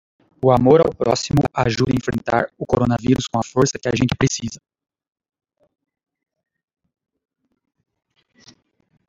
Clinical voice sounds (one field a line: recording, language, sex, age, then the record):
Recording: spoken sentence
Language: Brazilian Portuguese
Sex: male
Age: 30 to 39 years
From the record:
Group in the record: control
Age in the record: 38 years